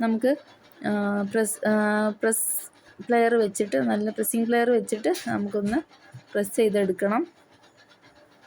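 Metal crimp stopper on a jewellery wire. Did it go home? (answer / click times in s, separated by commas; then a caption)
no / none. A metal crimp stopper on a jewellery wire, with the wire end threaded through it and pulled tight, is being handled before being squeezed shut with pressing pliers. Someone talks throughout, with soft handling noises between words. Nothing has seated or clicked yet.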